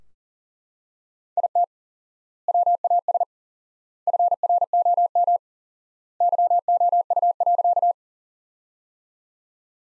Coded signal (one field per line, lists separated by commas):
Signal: Morse code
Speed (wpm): 40 wpm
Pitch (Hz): 700 Hz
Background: none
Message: IT WAS FROM YOU.